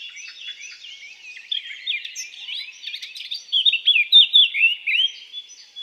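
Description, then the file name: Eurasian blackcap song: a soft, scratchy twittering warble for several seconds, then a louder run of clear fluty, whistled notes at the end. "Sylvia atricapilla"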